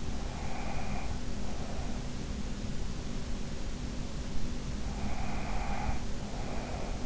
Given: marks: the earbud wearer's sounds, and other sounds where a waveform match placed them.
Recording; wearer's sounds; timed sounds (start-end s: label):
sounds in sleep by an in-ear microphone; breath
0.21-2.21 s: breath
4.66-7.06 s: breath